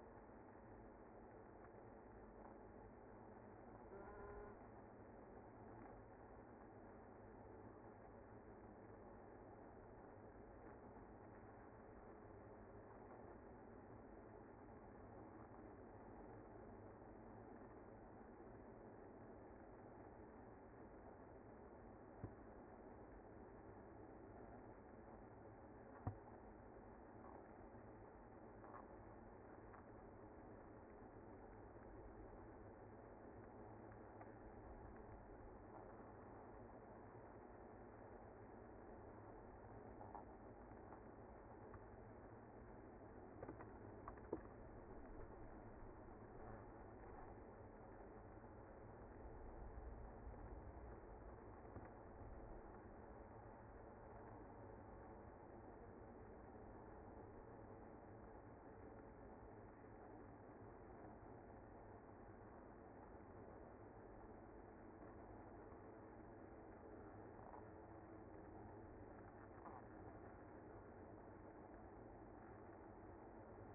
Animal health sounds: honeybee colony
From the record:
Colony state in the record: active

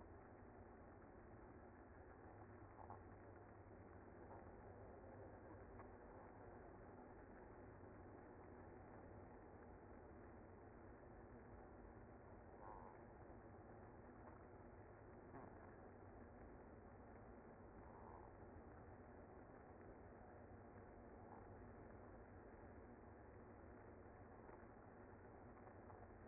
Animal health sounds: honeybee colony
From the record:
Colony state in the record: active

